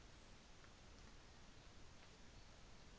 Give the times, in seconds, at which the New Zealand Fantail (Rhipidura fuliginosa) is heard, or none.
none